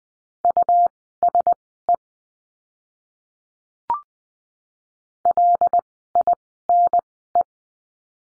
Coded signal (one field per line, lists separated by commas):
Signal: Morse code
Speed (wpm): 20 wpm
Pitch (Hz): 700 Hz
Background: none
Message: USE LINE